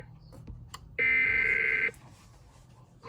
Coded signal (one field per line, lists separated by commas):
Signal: Emergency Alert System (SAME) tones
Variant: header bursts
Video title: EAS 2656-2657: 911 Telephone Outage Emergency Crawford PA